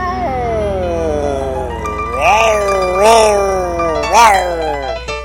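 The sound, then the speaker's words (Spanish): A person imitates a tomcat's mating yowl, as heard from cats in an echoing home garage: a long, wavering, nasal moan that swells into three rising, strained wails, each louder and higher before sliding back down. “Como estaba el gato así de...”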